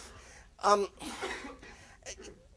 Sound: coughing